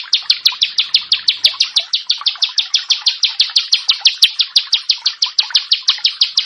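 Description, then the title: Prinia song: a steady series of sharp, high chipping notes, evenly repeated throughout. "Ciblek Sawah"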